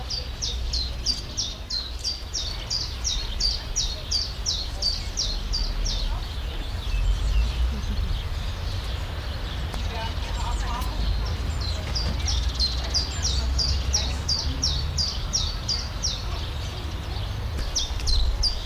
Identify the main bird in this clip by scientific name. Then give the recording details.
Phylloscopus collybita. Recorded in the wild. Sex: male. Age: adult. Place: Zoo Halle, Sachsen-Anhalt, DE. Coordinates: 51.5056, 11.9625. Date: 1998-04-16 15:52. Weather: overcast, ca. 12°C. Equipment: Sony MD-WM MZ-R3, Sennheiser MKH 416 T, Kopie Uher 4000 Report Monitor. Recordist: Tembrock, Günter